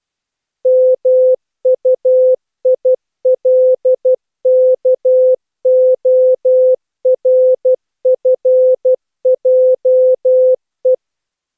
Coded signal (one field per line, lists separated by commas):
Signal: Morse code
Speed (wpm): 12 wpm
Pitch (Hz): 510 Hz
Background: none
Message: MUILKORFJE